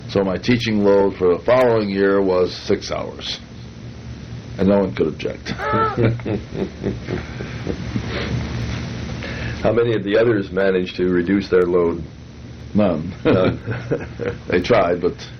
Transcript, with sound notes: so my teaching load for the following year was six hours, and no one could object. [laughter] How many of the others managed to reduce their load? None. [laughter] They tried, but